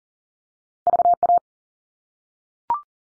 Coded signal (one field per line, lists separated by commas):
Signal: Morse code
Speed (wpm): 40 wpm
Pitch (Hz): 700 Hz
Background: none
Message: VA